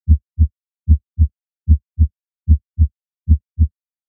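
Five regular lub-dub cycles at about 75 beats a minute, each a crisp low thump followed by a second one, with silent gaps and no murmur between them. These are normal first and second heart sounds.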